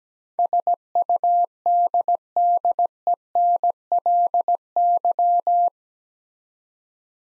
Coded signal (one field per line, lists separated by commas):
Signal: Morse code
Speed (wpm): 17 wpm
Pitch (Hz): 700 Hz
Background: none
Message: SUDDENLY